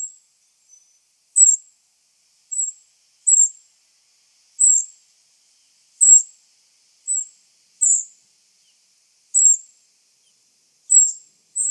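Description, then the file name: Eurasian wren giving a series of sharp high tick calls, roughly one per second with uneven gaps, nothing else audible. "Troglodytes troglodytes"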